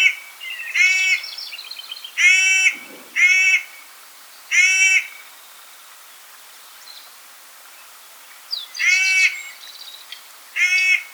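Clark's nutcracker giving harsh, grating calls at irregular intervals, with quiet gaps between.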